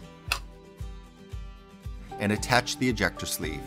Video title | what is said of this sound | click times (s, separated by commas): How to disassemble, clean, and grease an Eppendorf Research® 3 neo pipette - Pipette Tutorial | Insert the lower part into the upper part until you hear it engage | 0.3 s